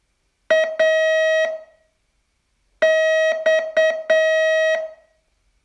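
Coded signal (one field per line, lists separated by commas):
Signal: Morse code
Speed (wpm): 8 wpm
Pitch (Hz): 640 Hz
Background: none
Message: AX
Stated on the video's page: Day 28 of a 42-day Morse training course.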